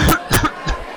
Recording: coughing mixed with background sound